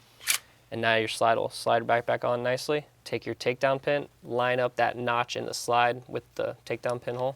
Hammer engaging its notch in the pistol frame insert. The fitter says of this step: take your finger here and just push it back to at least straight up and you hear that first click